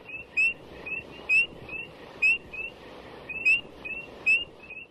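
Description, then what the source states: Spring Peeper peeps: clear, high, upslurred notes about once a second, with fainter peeps from other frogs in between over a soft background hiss. Once-per-second ascending peeps, heard day and night.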